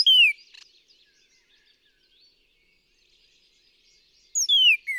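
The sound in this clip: Northern cardinal singing a single falling whistle, then a long quiet pause with faint soft sounds, before another downslurred whistle preceded by a higher note.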